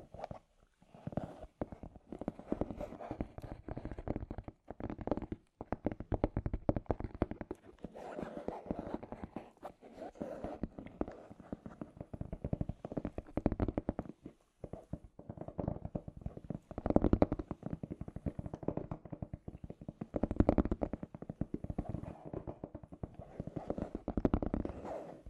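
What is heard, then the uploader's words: Scratchy tapping runs continuously for the whole stretch, a dense stream of quick, uneven clicks and scrapes with no steady rhythm. The sound is mostly low to middle in pitch, with brief louder clusters around 17 and 20 seconds and short near-silent gaps. ASMR The Trigger You Need for Sleep Scratchy Tapping (No Talking).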